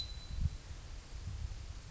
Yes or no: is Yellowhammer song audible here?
no